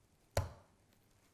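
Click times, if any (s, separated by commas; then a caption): 0.4 s. The side clasp of a metal springform cake tin is undone after a knife has been run around the edge of the set cheesecake. One sharp click at 0.4 s is followed by a short ringing tail that fades within about a quarter second, then near silence. The ring pops free of the cheesecake edge and the tin is released.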